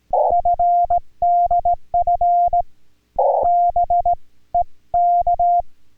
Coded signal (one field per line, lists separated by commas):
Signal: Morse code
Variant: Korean alphabet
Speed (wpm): 18 wpm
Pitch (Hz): 700 Hz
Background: none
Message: 는 당